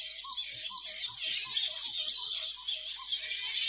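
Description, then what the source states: Flying foxes squealing, a dense chorus of shrill high chattering squeals with lower squawking notes repeated throughout. Flying fox colony on the Yarra River in Melbourne, Australia, calling in the evening.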